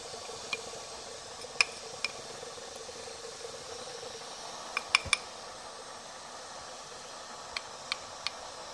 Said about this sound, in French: Je mélange dans cette colle qui est devenue liquide une pâte qu'on appelle de l'assiette, qui est un mélange de différentes choses, et notamment du bol d'Arménie et de l'argile.